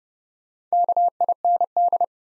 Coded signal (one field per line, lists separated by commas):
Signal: Morse code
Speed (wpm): 30 wpm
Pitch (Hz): 700 Hz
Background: none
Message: KIND